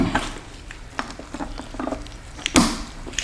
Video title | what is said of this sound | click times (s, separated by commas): D170 Spindle assembly | okay it's locked into place | 2.6 s